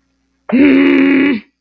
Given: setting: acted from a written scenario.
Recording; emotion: vocal sound without words; anger